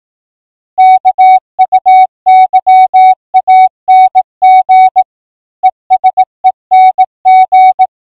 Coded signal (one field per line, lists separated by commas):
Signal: Morse code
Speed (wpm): 18 wpm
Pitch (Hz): 750 Hz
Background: music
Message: KUYANG ESENG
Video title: Kenwood TM281 QSO